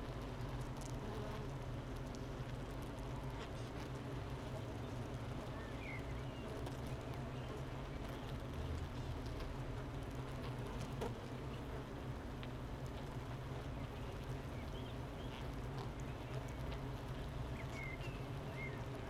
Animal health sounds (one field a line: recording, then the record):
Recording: honeybee colony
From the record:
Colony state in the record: missing queen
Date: 31 May 2018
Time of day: 9:16